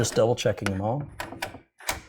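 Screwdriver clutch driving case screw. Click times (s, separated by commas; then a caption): 1.4 s, 1.9 s. Someone talks while double-checking the case screws of a gaming computer build with an electric screwdriver. The screwdriver's clutch slips and clicks at about 1.4 s and 1.9 s, showing it has reached its torque setting.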